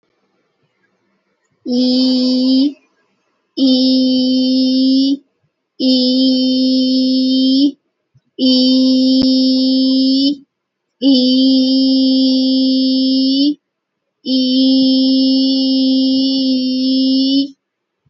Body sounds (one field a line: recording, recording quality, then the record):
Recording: sustained vowel as in beet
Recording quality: excellent, no background noise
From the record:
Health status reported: healthy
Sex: female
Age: 28 years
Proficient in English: yes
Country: India